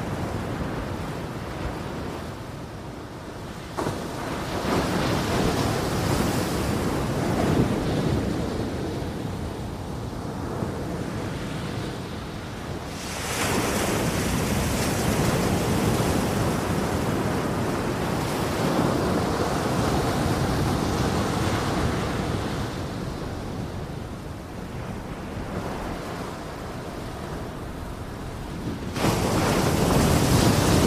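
Ocean waves wash onto a beach in a steady roar, with louder surges breaking around 4, 13 and 29 seconds amid constant hissing spray.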